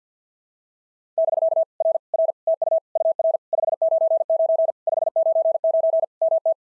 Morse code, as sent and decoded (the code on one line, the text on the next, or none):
-...-.- / .-. / .-. / - ..- / ..- .-. / ..... ----. ----. / ..... ----. ----. / -- -
<BK> R R TU UR 599 599 MT